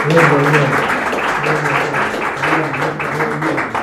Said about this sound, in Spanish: ¿Qué le parece un aplauso al Señor? Gloria a Dios. Amén.